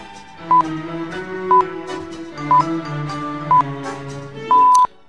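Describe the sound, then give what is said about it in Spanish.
Radio time signal beeps marking the half hour on a radio station: four short, high pips at one-second intervals followed by a longer final tone, sounding over a soft musical bed. “por mucho que sea típico de todas las radios prácticamente del mundo que yo conozca, de que cada media hora suenan los pitidos,”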